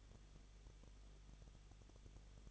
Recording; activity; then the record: daily activity, microphone in the room; no activity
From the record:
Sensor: 4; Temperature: 23.0 degrees Celsius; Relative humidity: 34.2%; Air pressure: 1007.3 hPa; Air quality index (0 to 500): 218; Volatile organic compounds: 16 ppm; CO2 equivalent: 2522 ppm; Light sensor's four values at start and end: 2/3/1/1 and 2/3/1/1